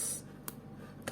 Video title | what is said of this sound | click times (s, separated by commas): Surprise Unboxing! Omega Seamaster No Time to Die | nice click and voila there you have the watch on the bracelet | 0.5 s